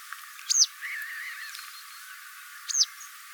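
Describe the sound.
Wagtail calls: two sharp, high notes about two seconds apart, with a lower wavering whistle between them.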